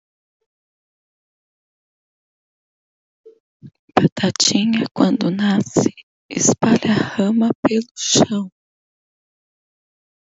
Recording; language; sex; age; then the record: short text; Brazilian Portuguese; female; 30 to 39 years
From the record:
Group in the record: control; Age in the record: 35 years